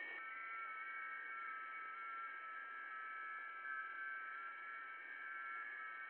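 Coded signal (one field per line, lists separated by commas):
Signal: FT8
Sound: several faint steady warbling tones layered over constant radio hiss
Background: radio static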